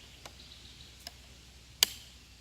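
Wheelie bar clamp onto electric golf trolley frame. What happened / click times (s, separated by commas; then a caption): The clamp snapped shut onto the frame / 1.8 s. A wheelie bar clamp on an Alphard Golf eWheels unit fitted to a Rovic RV1S electric golf trolley is closed onto the trolley frame after the wheelie bar is flipped over and the unit is lined up. Two faint ticks come at about 0.3 and 1.1 seconds, then one loud, sharp snap at 1.8 seconds. The clamp snaps shut and seats tight on the frame.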